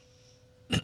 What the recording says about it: You guys hear the throat clearing and the coughing. I was diagnosed with something called LPR, which is basically an advanced form of acid reflux. I'm clearing acid out of my throat throughout the course of the show.